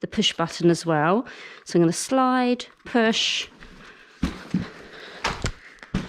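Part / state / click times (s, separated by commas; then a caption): stroller frame fold latch locking the unfolded frame / not seated / none. Someone talks while sliding the fold mechanism and pressing the push button to unfold a Nuna Trvl compact travel stroller with a metal and plastic frame. A few short handling knocks follow around 5.3, 5.5 and 5.8 seconds. The frame's fold latch has not yet clicked into place by the end.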